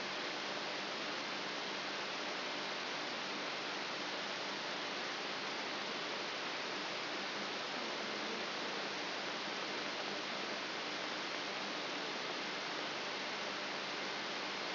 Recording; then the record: brain microelectrode recording played as sound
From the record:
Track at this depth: outside the subthalamic nucleus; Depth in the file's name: 6.501 mm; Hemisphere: left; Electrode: 3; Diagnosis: Parkinson's disease